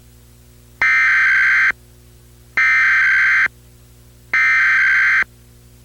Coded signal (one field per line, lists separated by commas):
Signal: Emergency Alert System (SAME) tones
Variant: header bursts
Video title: EAS - TN Required Monthly Test - 09 December 2025